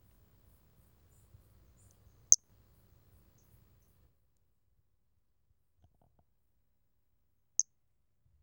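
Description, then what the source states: Brachycephalus albolineatus call: two short, high, clean notes about five seconds apart, with near silence between them and a faint low hum early on. Recorded 4 February 2016.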